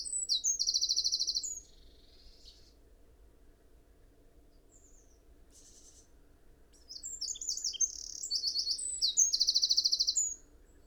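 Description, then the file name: Eurasian wren giving two bursts of shrill, fast trilling song, the first short, then a longer rattling phrase after a quiet pause with a few scattered high notes between. "Troglodytes troglodytes"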